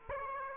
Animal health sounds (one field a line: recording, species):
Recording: mosquito wingbeat signal from an infrared sensor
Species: Aedes aegypti